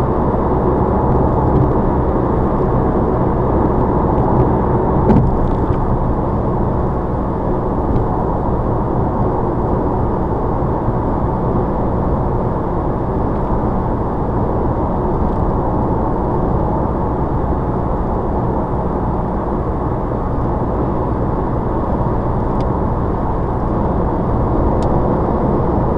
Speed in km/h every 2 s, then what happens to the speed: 106, 108, 108, 108, 108, 109, 111, 111, 111, 111, 113, 113, 111.
0-26 steady at about 111.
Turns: none.